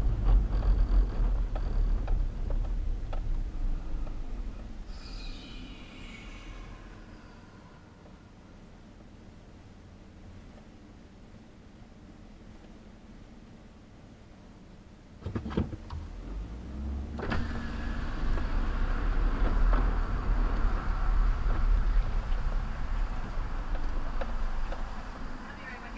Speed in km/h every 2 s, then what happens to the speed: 11, 6, 0, 0, 0, 0, 0, 0, 0, 8, 10, 8, 0.
0-3 brakes to 0. 3-17 standing. 17-19 pulls away to 10. 23-26 standing.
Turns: none.